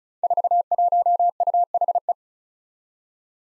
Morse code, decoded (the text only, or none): 41UHE